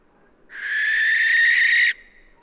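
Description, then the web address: Barn owl producing a single rasping, hissing screech lasting about one and a half seconds, steady and noisy throughout, in a quiet setting. "Schleiereule - Schleiereule - Tyto alba"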